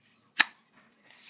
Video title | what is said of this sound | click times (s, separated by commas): Epic unboxing! | let's go ahead and pop it out it's got a good click | 0.4 s